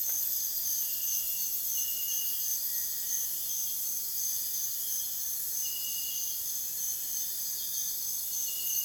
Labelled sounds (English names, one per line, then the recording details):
none
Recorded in dense forest near Puerto Asís, Putumayo, Colombia, on 24 June 2025 at 04:00
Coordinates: 0.484, -76.325
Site H65